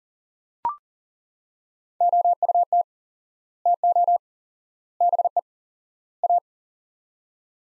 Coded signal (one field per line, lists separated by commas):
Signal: Morse code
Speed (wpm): 40 wpm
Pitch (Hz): 700 Hz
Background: none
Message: OUT TO BE A